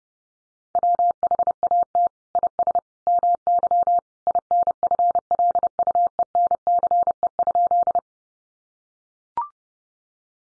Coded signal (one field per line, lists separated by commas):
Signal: Morse code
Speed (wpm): 30 wpm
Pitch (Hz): 700 Hz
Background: none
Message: WHAT IS MY INFLUENCE?